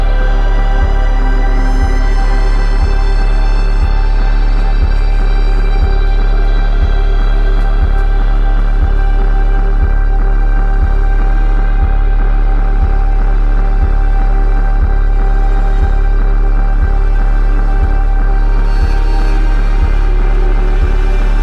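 Rubbing on an overturned bass drum blends with sustained synth pads into a dense, steady drone. A deep low thump repeats about once a second throughout, while layered held tones shimmer above, thinning slightly in the upper range near the end.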